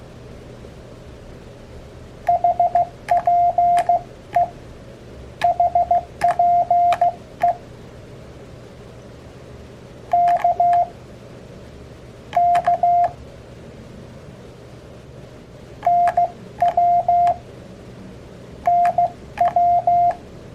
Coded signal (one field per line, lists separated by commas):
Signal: Morse code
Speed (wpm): 16 wpm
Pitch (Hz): 700 Hz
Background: radio noise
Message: HPE HPE K K NW NW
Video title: 모스 부호 교신에 자주 사용되는 약어 배우기 | CW 약어 Abbreviations Part 1 | Learn Morse Code #morsecode #hamradio